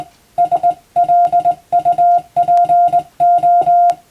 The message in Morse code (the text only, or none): SLUPO